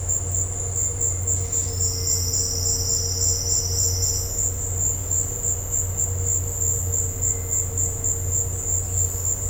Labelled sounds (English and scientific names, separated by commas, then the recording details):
none
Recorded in dense forest near Puerto Asís, Putumayo, Colombia, on 4 March 2025 at 15:00
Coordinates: 0.468, -76.322
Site GP01